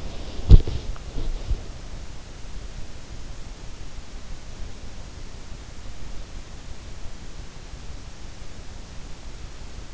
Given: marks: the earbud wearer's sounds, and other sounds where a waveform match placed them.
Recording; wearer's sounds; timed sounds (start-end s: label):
sounds in sleep by an in-ear microphone; body movement
0.00-1.66 s: body movement